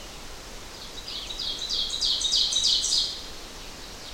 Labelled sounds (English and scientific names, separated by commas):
Ovenbird (Seiurus aurocapilla) song